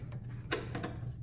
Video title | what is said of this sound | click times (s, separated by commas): Kawasaki Ninja 400 + Ninja 500 Velocity Stack Installation Video - Graves Motorsports | that hooked right up inside there and you'll feel it click that's in and this is in all | 0.5 s